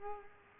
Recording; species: mosquito wingbeat signal from an infrared sensor; Culex quinquefasciatus